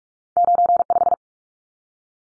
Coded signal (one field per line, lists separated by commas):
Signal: Morse code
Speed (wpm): 44 wpm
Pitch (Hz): 700 Hz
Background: none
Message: 95